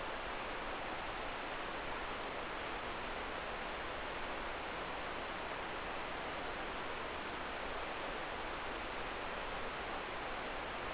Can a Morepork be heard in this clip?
no